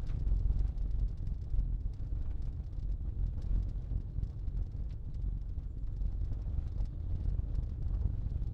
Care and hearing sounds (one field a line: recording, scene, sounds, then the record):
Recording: everyday scene through a hearing-aid microphone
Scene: in a vehicle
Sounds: engine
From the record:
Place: Berlingo II, diesel engine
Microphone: in the ear canal, left